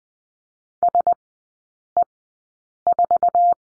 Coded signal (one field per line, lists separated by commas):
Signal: Morse code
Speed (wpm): 19 wpm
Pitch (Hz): 700 Hz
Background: none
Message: SE4